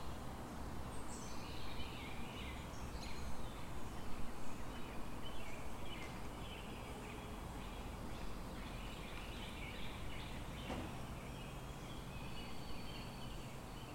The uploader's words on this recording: 10 a.m. EDT, backyard, Charlottesville Va USA. Sound of backyard.